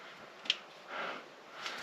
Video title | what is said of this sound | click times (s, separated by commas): Lotus Evora Bank 1 and 2 , number 2, Exhaust O2 Lambda Sensors replacements | Nice satisfying click. That's in place. | 0.5 s